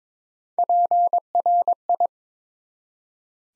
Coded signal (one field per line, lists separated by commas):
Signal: Morse code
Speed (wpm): 22 wpm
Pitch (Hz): 700 Hz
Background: none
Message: PRI